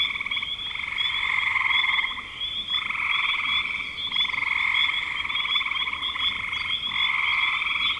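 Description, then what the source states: Dense frog chorus of trilled, rattling croaks in repeated bursts with short pauses, many frogs overlapping over a constant high hum. Spring frogs recorded in 2025.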